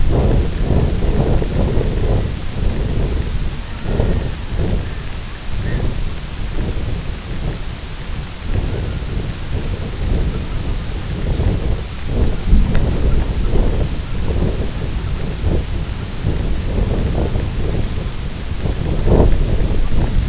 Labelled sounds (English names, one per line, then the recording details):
Red-throated Loon
King Eider
unidentified sound
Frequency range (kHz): Red-throated Loon 0.8-2.4 kHz; King Eider 0.8-1.9 kHz
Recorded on Arctic tundra, site IGLO-F, on 24 June 2018
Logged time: 10:00